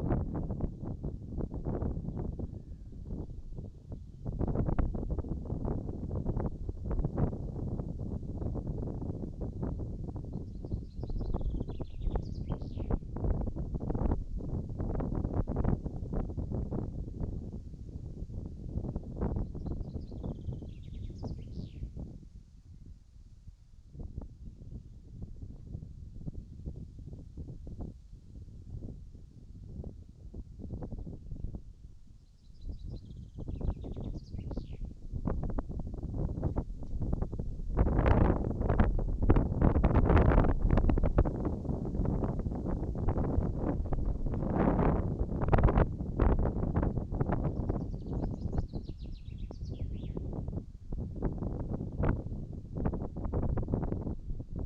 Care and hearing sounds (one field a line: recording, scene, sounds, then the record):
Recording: everyday scene through a hearing-aid microphone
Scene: wind on the microphone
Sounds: wind, birds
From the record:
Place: in front of a rural house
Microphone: in the ear canal, right